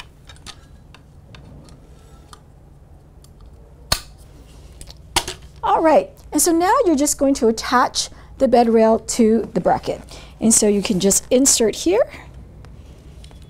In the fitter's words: ahead and give it a push and it's going to lock into place and same with the other side all